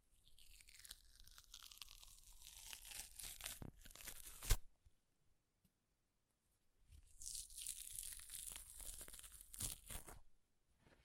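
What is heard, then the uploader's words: Paper is torn in two long rips: the first runs for about four seconds, building to a sharp snap near the end, and after a pause the second tears from about seven to ten seconds. Both rips are dense, crackly and bright, ending in silence. ASMR Paper Ripping Tearing Sounds (No Talking).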